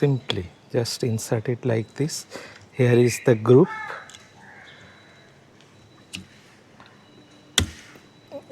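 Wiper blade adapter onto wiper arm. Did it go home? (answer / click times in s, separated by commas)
yes / 7.6 s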